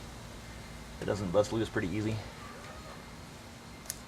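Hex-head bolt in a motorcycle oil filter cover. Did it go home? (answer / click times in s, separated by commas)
no / 3.9 s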